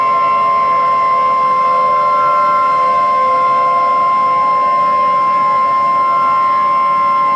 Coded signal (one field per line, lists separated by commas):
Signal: Emergency Alert System (SAME) tones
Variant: 1050 Hz attention tone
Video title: Warden's Wrath: Part II: Infection | EAS Scenario #5